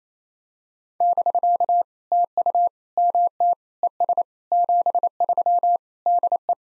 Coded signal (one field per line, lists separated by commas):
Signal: Morse code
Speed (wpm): 28 wpm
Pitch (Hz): 700 Hz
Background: none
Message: <BK> TU MT ES 73 DE